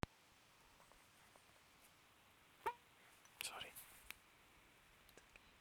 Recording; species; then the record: mosquito flight sound by mobile phone; Aedes sierrensis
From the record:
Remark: free flight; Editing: field recording with all noises